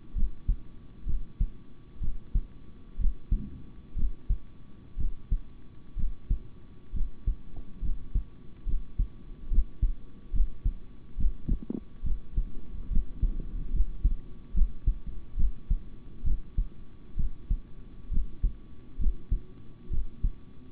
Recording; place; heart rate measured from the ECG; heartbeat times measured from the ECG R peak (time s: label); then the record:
heart sounds by stethoscope; between the tricuspid and mitral areas; 67 bpm
0.14 s: heartbeat
1.05 s: heartbeat
2.00 s: heartbeat
2.98 s: heartbeat
3.95 s: heartbeat
4.97 s: heartbeat
5.96 s: heartbeat
6.93 s: heartbeat
7.81 s: heartbeat
8.65 s: heartbeat
9.49 s: heartbeat
10.32 s: heartbeat
11.17 s: heartbeat
12.03 s: heartbeat
12.89 s: heartbeat
13.72 s: heartbeat
14.53 s: heartbeat
15.36 s: heartbeat
16.23 s: heartbeat
17.16 s: heartbeat
18.10 s: heartbeat
18.98 s: heartbeat
19.90 s: heartbeat
From the record:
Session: rest, sitting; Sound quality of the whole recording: good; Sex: male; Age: 26 years